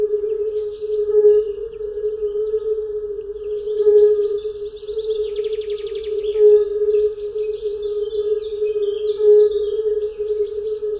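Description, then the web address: European fire-bellied toads giving a dense chorus of low, mellow, bell-like notes, steady throughout, with birdsong trilling and chirping in the background. "Tajemnice puszczy Kumak nizinny"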